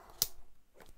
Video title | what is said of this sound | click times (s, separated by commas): Nuovo trapano avvitatore Parkside performance da 64nm da 119€ con percussione con valigetta 20V lidl | utilizzando il Mandrino girandolo in questo modo e poi serrand con la mano ha il sistema spin lock quindi il Mandrino rimane bloccato e possiamo Solo il rivestimento quando sentiamo questi click | 0.2 s, 0.8 s, 0.9 s